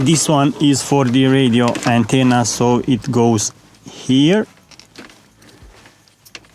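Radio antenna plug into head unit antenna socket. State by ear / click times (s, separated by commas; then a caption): seated / 6.4 s. Someone talks while the radio antenna plug is pushed into its socket on the back of a new 10.1-inch A-sure CarPlay GPS navigation head unit during a car stereo install in an Opel Vivaro. After some small handling sounds, a sharp click at 6.4 s marks the antenna connector seating in place.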